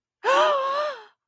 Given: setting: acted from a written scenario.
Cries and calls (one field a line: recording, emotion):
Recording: vocal sound without words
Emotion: distress